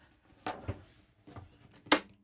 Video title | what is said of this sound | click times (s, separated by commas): New 2026 nuCamp RV Cirrus 820 Tech Tour | We're going to take this. We're going to snap it back to the wall. Line it up. | 1.9 s